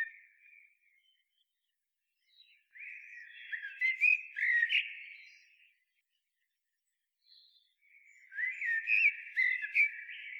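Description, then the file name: Common blackbird song: two phrases of low mellow whistles with squeaky twitters, separated by a silent pause. "Turdus merula"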